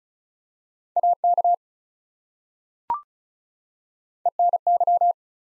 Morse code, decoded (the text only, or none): AK ENY